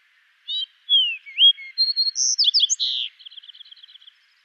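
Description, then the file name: Fox Sparrow singing one melodious phrase: bright sliding whistles, then a burst of rapid warbled notes fading into a soft dry trill. "Passerella iliaca song"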